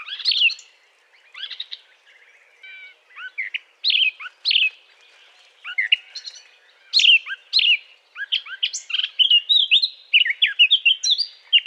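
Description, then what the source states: Eurasian blackcap song of short whistled and warbled phrases, spaced apart at first, then a quicker run of notes toward the end. Courtship song; recorded 20 April 2009.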